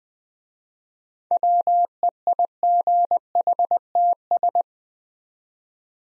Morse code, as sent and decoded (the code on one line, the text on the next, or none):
.-- . .. --. .... - ...
WEIGHTS